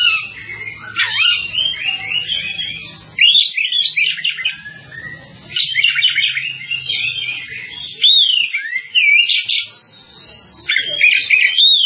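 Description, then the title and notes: Bird song in varied, high whistled phrases with rising and falling slurs and quick chirps, delivered in bursts separated by short pauses, over a faint low hum. "Bird Sound. Kicau Burung Lengkap"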